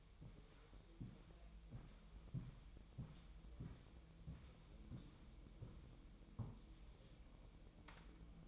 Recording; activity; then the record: daily activity, microphone in the room; walk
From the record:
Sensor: 1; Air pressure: 1002.0 hPa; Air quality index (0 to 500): 240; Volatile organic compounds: 100 ppm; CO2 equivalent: 3752 ppm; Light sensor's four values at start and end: 9/21/8/10 and 8/20/8/9